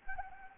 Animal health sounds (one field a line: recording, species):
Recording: mosquito wingbeat signal from an infrared sensor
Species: Anopheles gambiae